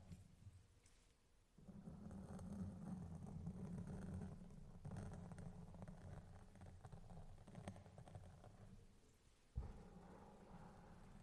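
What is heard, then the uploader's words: Basic triggers as a storm rolls in: after a quiet opening, a low, rough, purring rumble swells at about 1.5 seconds and holds steadily with faint crackles above it. Near 9.5 seconds it drops away, a sharp knock sounds, and a softer rumble continues. Fading In and Out | Assorted Triggers. Tonight, I do some fun, basic triggers as a storm rolls in.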